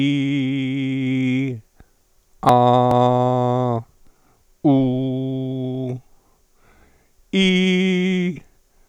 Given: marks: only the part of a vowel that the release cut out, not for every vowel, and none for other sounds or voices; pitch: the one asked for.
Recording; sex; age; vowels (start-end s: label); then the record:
sustained vowels; male; 70 to 79 years
0.00-1.38 s: vowel /i/, normal pitch
2.92-3.71 s: vowel /a/, normal pitch
4.72-5.80 s: vowel /u/, normal pitch
7.40-8.21 s: vowel /i/, high pitch
From the record:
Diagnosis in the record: recurrent laryngeal nerve paralysis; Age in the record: 76 years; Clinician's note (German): Rechts, mit inkompletter Kompensation